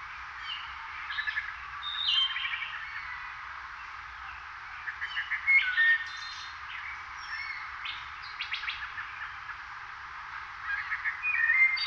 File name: Wood Thrush